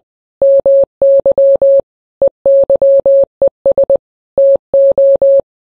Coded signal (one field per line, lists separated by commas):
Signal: Morse code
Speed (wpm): 20 wpm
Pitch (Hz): 550 Hz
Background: none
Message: MY EYES TO